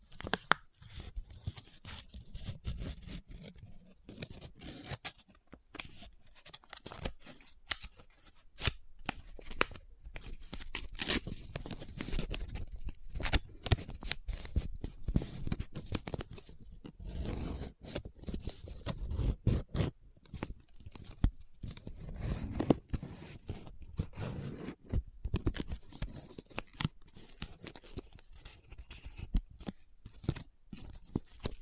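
Paper is folded, scratched and crinkled in a dense, irregular run of crackles and rubbing strokes lasting the whole 32 seconds. Short sharp snaps cut through softer swishing scrapes, with busier bursts around 8–10, 15–18 and 20 seconds.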